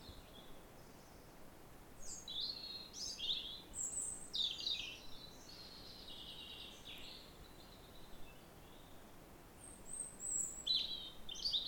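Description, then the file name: European robin singing a string of rapid, high, squeaky and trilling notes for several seconds, then silence, then more short bright phrases near the end. "Erithacus rubecula"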